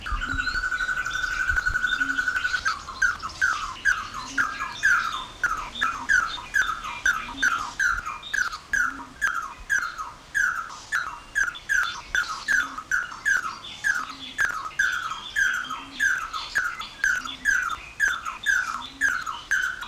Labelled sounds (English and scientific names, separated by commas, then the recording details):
Red-and-yellow Barbet (Trachyphonus erythrocephalus) call
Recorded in captivity
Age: adult
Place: Zoo Berlin, Berlin, DE
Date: 1993-04-02
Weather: sonnig, -1 bis + 5 °C
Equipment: Marantz CP 430, Sennheiser ME 80, Kopie Uher Variocord 263
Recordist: Tembrock, Günter